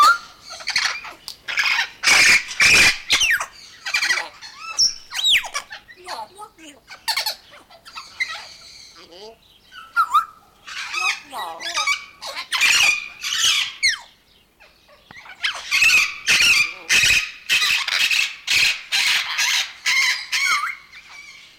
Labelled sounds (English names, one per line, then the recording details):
Grey Parrot
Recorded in captivity
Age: adult
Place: Zoo Leipzig, Sachsen, DE
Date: 1992-01-11
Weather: bedeckt, 0°C
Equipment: Nagra SN, Kopie Tesla B 116
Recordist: Tembrock, Günter